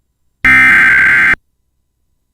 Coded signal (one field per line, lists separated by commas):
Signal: Emergency Alert System (SAME) tones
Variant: header bursts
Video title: EAS - AMBER Alert Issued in Florida